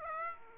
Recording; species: mosquito wingbeat signal from an infrared sensor; Aedes aegypti